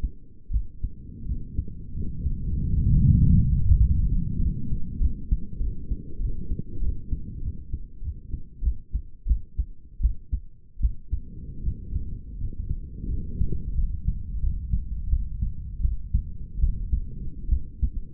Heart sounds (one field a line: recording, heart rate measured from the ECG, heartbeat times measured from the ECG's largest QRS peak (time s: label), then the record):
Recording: heart sounds by stethoscope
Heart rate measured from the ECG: 88 bpm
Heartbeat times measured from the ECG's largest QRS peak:
0.50 s: heartbeat
1.25 s: heartbeat
1.93 s: heartbeat
2.57 s: heartbeat
3.20 s: heartbeat
3.80 s: heartbeat
4.40 s: heartbeat
5.00 s: heartbeat
5.60 s: heartbeat
6.20 s: heartbeat
6.81 s: heartbeat
7.42 s: heartbeat
8.02 s: heartbeat
8.62 s: heartbeat
9.26 s: heartbeat
10.00 s: heartbeat
10.80 s: heartbeat
11.63 s: heartbeat
12.38 s: heartbeat
13.08 s: heartbeat
13.74 s: heartbeat
14.39 s: heartbeat
15.08 s: heartbeat
15.81 s: heartbeat
16.59 s: heartbeat
17.49 s: heartbeat
From the record:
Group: healthy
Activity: rest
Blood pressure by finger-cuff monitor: 116/78 mmHg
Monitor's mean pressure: 88 mmHg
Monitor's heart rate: 93 bpm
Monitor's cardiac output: 6.2 L/min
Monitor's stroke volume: 73 mL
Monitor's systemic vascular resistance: 1000 dyn s/cm5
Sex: male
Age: 21 years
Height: 170 cm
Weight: 71 kg